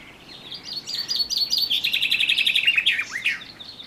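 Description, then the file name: Common chaffinch song, a run of bright notes leading into a fast trill, finished with a short downward flourish. "Fringilla coelebs"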